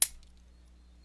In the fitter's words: good amount of force on these to pull these things out till you hear a click